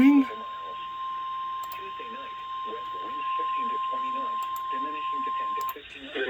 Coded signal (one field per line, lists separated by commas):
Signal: Emergency Alert System (SAME) tones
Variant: 1050 Hz attention tone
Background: speech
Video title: A SURPRISE IN CONNECTICUT (L.S. EAS #82-83) 1 Tornado Warning & 1 SVR